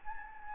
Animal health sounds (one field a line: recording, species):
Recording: mosquito wingbeat signal from an infrared sensor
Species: Anopheles gambiae